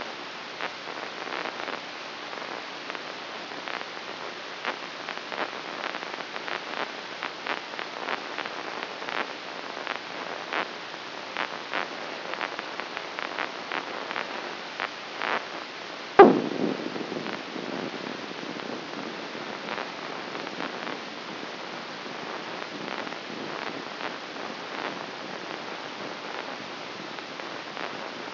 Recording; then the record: brain microelectrode recording played as sound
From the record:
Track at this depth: inside the subthalamic nucleus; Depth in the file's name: 0.933 mm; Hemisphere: right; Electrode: 3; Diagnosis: Parkinson's disease